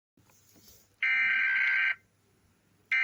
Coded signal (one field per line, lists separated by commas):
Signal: Emergency Alert System (SAME) tones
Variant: header bursts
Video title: Rating EAS alarms p.1